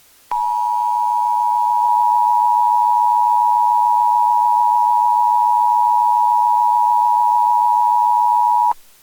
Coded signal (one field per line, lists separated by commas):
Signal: Emergency Alert System (SAME) tones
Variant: 853 and 960 Hz attention tone